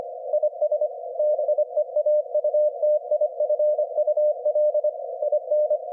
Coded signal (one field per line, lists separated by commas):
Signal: Morse code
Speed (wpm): 25 wpm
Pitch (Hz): 600 Hz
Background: none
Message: IS BEAUTIFUL IN